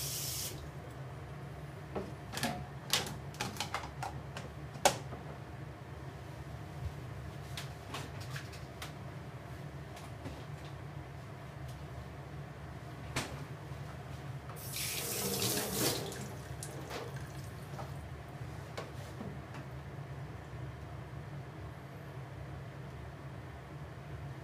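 Cooking sounds over a steady low hum that runs the whole time. Sharp clicks and knocks land irregularly, clustered in the first five seconds and scattered after, and a loud hissing rush, like running water, fills roughly fifteen to sixteen seconds.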